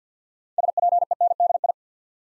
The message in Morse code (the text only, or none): SPENDI